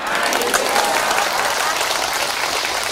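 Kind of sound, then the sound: crowd, audience applause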